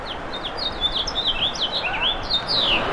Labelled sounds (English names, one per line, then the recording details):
House Finch song
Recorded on Long Island, New York, on 27 June 2012
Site BE
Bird A